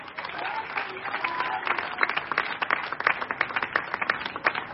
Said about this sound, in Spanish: Aplauda con vida.